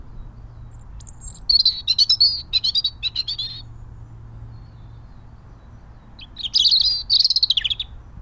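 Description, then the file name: European robin song: two high, thin, warbling phrases of rapid twittering notes and trills, the second starting after a few seconds of quiet, over a low steady hum. "Erithacus rubecula"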